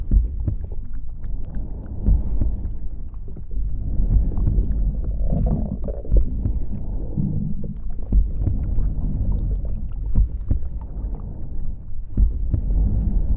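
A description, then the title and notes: Muffled body sounds of breathing, heartbeat and stomach, dominated by a dense low rumble throughout. Soft, slowly swelling breath-like surges rise and fall every couple of seconds, with faint thumps and small gurgling clicks scattered across the recording. 20mins of Breaths, Heart + Stomach.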